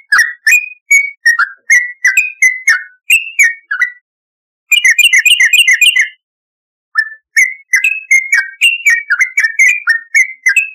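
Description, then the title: Yellow-vented bulbul song: lively chains of liquid, downslurred whistles, broken by two short gaps, with a denser burst of quick notes midway. "Trucukan"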